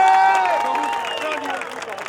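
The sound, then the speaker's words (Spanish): Steady audience applause with scattered claps at a rap battle event in Guatemala City after the judges' decision, mixed with sustained cheering voices and tonal whoops that rise and fall above the clatter, fairly loud throughout. “Un fuerte el aplauso”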